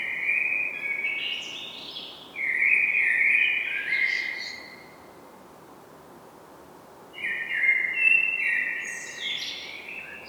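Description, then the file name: Common blackbird delivering low melodious whistled phrases topped with high squeaky flourishes, two song bouts separated by a few seconds of near silence. "Turdus merula"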